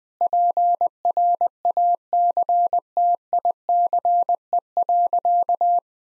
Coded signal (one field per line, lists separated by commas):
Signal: Morse code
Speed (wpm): 20 wpm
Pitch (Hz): 700 Hz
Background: none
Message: PRACTICE.